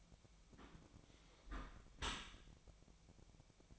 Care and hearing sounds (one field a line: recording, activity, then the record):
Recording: daily activity, microphone in the room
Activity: close dishwasher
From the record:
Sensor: 1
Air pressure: 1003.2 hPa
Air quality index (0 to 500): 196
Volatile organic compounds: 6 ppm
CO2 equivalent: 1870 ppm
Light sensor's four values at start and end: 28/70/30/36 and 29/71/30/37